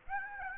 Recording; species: mosquito wingbeat signal from an infrared sensor; Aedes aegypti